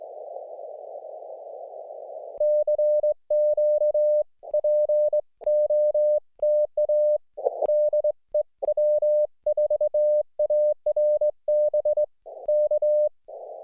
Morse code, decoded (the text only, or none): CQ POTA DE W4ARB K